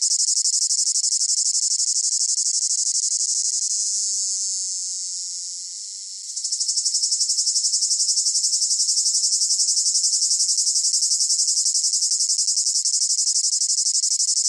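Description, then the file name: Cicada drone: a long, piercing high whine that slowly fades and dips, then jumps back into loud, regular pulsing. Close up; rhythmic chirping in long phrases with a piercing whine. "gain walkers CICADA Close Up Rhythmic Chirping Long Phrases Piercing Whine"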